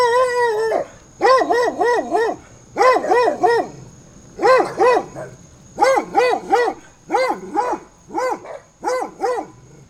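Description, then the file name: Dog barking loudly and insistently, opening with a drawn-out bark and then rapid clusters of two to four barks, a constant high whine audible behind them. Several dogs barking through a fence on a summer day; binaural recording. "freesound Dogs Barking"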